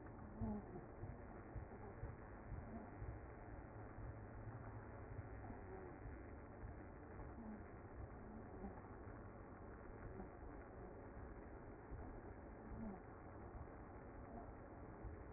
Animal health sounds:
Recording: honeybee colony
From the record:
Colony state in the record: active

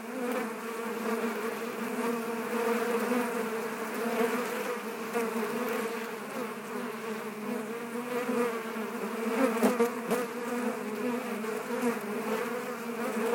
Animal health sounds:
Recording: honeybee colony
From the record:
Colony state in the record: active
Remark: normal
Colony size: 10,000 bees

